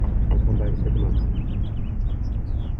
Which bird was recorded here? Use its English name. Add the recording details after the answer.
House Finch. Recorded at Neponsit on Long Island, New York, on 4 June 1975. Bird B